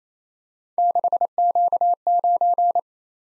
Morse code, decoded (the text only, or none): 6Q9